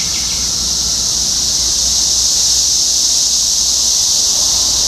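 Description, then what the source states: Cicadas in a dense chorus, a steady high-pitched buzzing hiss that holds unbroken throughout. Recorded in Topeka, Kansas, on 14 June 2015; several cicadas.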